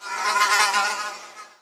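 Fly buzzing, a brief rich whirring drone that swells and then fades, lasting under two seconds.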